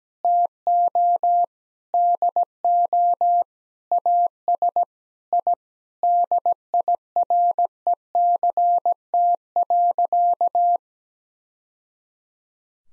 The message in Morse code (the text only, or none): TO DO AS I DIRECT.